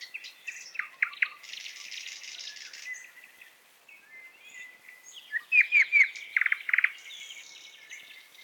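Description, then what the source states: Common nightingale: songbird singing varied phrases, buzzy passages and a long thin whistle, then a few loud downslurred notes and clipped repeated bursts over faint background noise. Forest.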